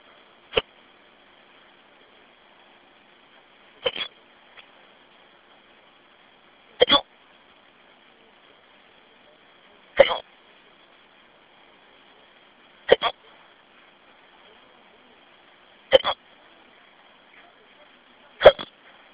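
Seven abrupt, sharp gulping sounds come at steady intervals of about three seconds, roughly 20 a minute, with quiet in between, heard over a narrow-band telephone line. This is a run of repetitive hiccups in an adult.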